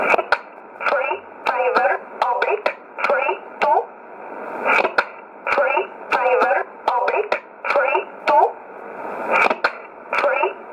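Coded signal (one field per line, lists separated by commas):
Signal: numbers station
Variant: E11 Oblique, English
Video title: 25 10 2019 E11 Oblique Numbers station in English 0717 on 9963 unknown tx site in USB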